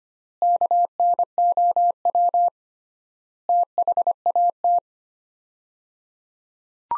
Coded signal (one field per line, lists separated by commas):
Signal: Morse code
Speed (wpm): 25 wpm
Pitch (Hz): 700 Hz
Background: none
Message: KNOW THAT